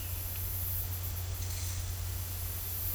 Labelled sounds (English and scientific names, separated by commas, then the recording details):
none
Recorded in dense forest near Puerto Asís, Putumayo, Colombia, on 15 December 2024 at 14:00
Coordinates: 0.503, -76.323
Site G043